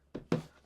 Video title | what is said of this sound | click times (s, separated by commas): eufy E25 – How To Add Solution | then it'll snap right in. If you saw that, there you go. | 0.3 s